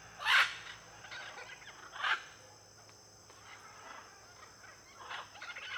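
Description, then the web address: Blue-and-yellow macaw calls: two loud harsh squawks followed by quieter chatter, with a steady high cricket buzz. Flock of macaws in an area with many palm trees, with cricket noise. "Conjunto de Araras em Area de Muitas Palmeiras e ruidos de grilo. etiqueta arara-caninde"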